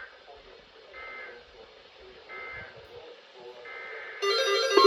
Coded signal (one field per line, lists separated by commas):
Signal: Emergency Alert System (SAME) tones